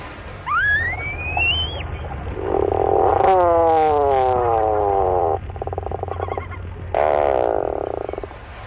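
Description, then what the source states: Tufted Puffin groaning calls: a few buzzy, harmonic moans, a long one sliding downward, with a thin rising whistle near the start. Groan-like call; described as not a first-rate vocalist.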